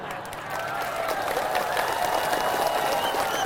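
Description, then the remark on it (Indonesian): An audience breaks into steady applause, a dense wash of many hands clapping that swells within the first half second and holds at an even, fairly loud level throughout. “Banyak yang tepuk tangan tak jadilah.”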